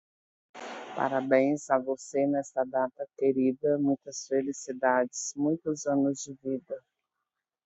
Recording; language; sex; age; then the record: short text; Brazilian Portuguese; female; 40 to 49 years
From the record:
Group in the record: control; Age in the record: 42 years